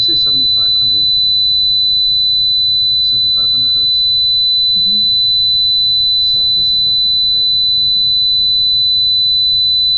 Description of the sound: Tinnitus 4000 Hz Tone.